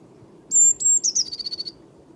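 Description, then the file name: Eurasian blue tit with a single song phrase: two very high drawn-out notes, then a rapid rattling trill that drops slightly in pitch. "Cyanistes caeruleus"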